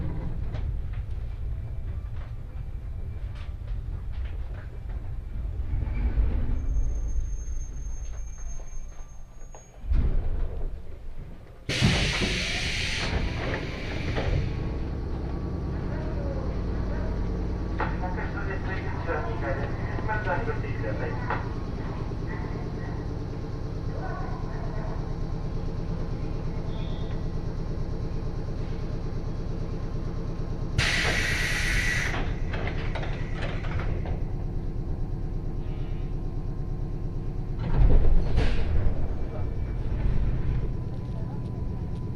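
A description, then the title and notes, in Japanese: A train ride on the San'yō Main Line between Okayama and Kurashiki, with a steady low rumble of the moving carriage throughout. Bright hissing bursts come around 12 and 31 seconds, with a sharp thump near 38 seconds and faint voices underneath. 鉄道旅 山陽本線 岡山→倉敷。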